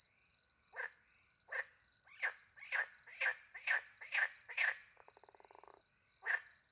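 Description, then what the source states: Frog calls in a quickening series of short bursts, then a pause and one more, against a steady high cricket trill. Frogs with crickets, countryside by night near a little pond, France; microphones hidden in a tree, two Usi pro mics into a Mixpre 10 II recorder.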